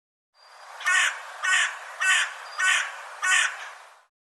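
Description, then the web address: Bird giving five harsh, cawing calls in an even series, roughly one every 0.6 seconds. "cianscape birddata Deverinetal 2025 File cleaned normalized Bird"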